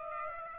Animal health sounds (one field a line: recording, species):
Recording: mosquito wingbeat signal from an infrared sensor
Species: Aedes aegypti